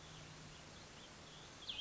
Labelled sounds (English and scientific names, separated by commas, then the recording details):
Cassin's Vireo (Vireo cassinii)
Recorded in Sonoma County, California